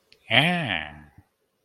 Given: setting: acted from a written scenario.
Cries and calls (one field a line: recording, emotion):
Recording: vocal sound without words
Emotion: desire